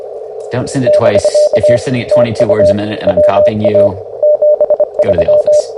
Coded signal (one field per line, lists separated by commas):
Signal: Morse code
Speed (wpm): 25 wpm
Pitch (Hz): 600 Hz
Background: speech, radio noise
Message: <BK> TU WA 73